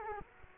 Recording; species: mosquito wingbeat signal from an infrared sensor; Culex quinquefasciatus